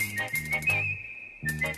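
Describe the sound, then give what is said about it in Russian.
Balda gives a starting-signal whistle for a race between a little devil and a hare, watched by villagers: one long, shrill, steady note that wavers slightly, drops out briefly, then resumes over a low, droning background. “Балда свистит.”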